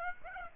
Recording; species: mosquito wingbeat signal from an infrared sensor; Aedes aegypti